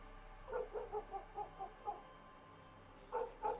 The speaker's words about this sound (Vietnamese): Nghe tiếng nhốn nháo từ ngoài đường vọng vào, bầy chó trong thôn sủa lên váng cả trời.